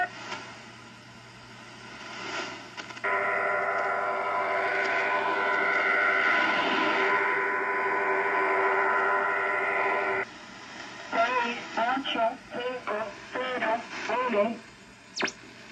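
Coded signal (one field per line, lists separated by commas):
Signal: numbers station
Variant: HM01, Cuban Lady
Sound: about 7 seconds of steady multi-tone data hum, then short spoken syllables one after another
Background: radio static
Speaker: and there you have the shortwave numbers station known as hm01 or the cuban lady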